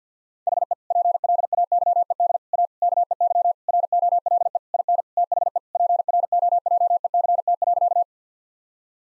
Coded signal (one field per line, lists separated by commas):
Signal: Morse code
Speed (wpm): 50 wpm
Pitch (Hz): 700 Hz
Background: none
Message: HE PLAYED A KEY ROLE IN THE PROJECT.